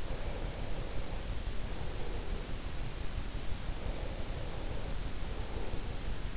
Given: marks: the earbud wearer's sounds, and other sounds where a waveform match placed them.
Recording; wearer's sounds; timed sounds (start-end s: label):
sounds in sleep by an in-ear microphone; breath
0.11-2.85 s: breath
3.84-6.16 s: breath